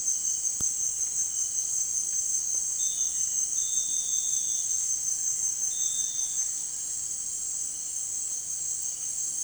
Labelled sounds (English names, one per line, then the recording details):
none
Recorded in dense forest near Puerto Asís, Putumayo, Colombia, on 9 March 2025 at 17:30
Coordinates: 0.481, -76.323
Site G088